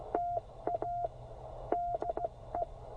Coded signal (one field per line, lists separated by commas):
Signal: Morse code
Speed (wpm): 16 wpm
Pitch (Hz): 700 Hz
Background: none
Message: TA DE